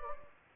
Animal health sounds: mosquito wingbeat signal from an infrared sensor; Anopheles gambiae

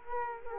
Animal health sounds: mosquito wingbeat signal from an infrared sensor; Culex quinquefasciatus

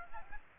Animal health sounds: mosquito wingbeat signal from an infrared sensor; Aedes aegypti

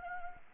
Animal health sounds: mosquito wingbeat signal from an infrared sensor; Anopheles arabiensis

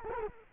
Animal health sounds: mosquito wingbeat signal from an infrared sensor; Culex quinquefasciatus

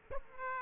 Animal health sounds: mosquito wingbeat signal from an infrared sensor; Aedes aegypti

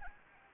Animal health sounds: mosquito wingbeat signal from an infrared sensor; Anopheles arabiensis

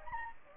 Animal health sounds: mosquito wingbeat signal from an infrared sensor; Anopheles gambiae

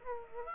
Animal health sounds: mosquito wingbeat signal from an infrared sensor; Aedes aegypti

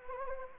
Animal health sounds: mosquito wingbeat signal from an infrared sensor; Anopheles gambiae

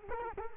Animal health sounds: mosquito wingbeat signal from an infrared sensor; Culex quinquefasciatus

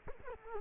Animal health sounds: mosquito wingbeat signal from an infrared sensor; Culex quinquefasciatus

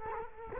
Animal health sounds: mosquito wingbeat signal from an infrared sensor; Culex quinquefasciatus

